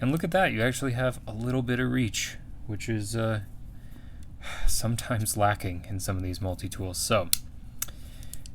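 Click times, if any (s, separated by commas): 7.8 s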